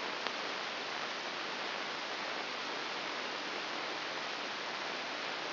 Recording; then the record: brain microelectrode recording played as sound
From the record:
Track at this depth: inside the subthalamic nucleus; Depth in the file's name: 3.802 mm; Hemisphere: right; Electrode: 3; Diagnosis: Parkinson's disease